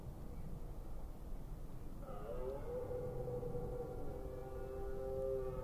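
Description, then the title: Red deer stag giving a long, drawn-out harmonic roar that starts about two seconds in and carries to the end, over steady low rumble. Recorded during the rut in Forêt d'Orléans, France. "Red Deer Rut - Forêt d'Orleans, France"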